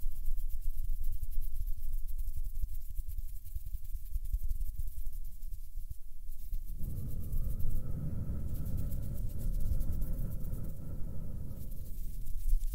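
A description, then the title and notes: Hands move softly, giving a steady, thin rustle with a low rumble underneath for the first six or seven seconds. Just before seven seconds the sound thickens into a fuller, denser rubbing with a faint steady hum riding on it, which continues to the end. ASMR HAND SOUNDS + SOFT HAND MOVEMENS TO HYPNOTIZE YOU with mic blowing.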